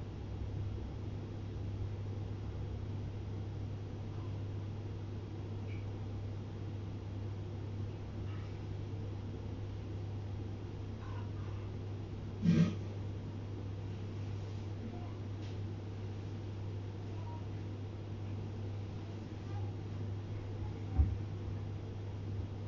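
Everyday sounds over a steady low hum, like an appliance or machine running, which holds constant throughout. A sharp knock or clatter stands out around 12 seconds, another near 21 seconds, with faint scattered clicks and a murmur in between.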